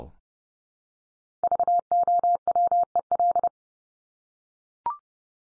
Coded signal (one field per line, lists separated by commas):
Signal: Morse code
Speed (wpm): 30 wpm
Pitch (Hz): 700 Hz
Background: none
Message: VOWEL